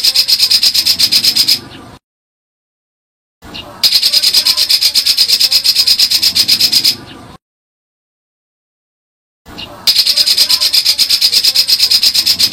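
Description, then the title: White-eye song as sustained, high, buzzy rapid trilling, repeated in three long runs separated by silent gaps. Masteran (training) recording of white-eye song, gacor continuous singing, full tembakan bursts. "Masteran Burung Pleci Gacor Full Tembakan"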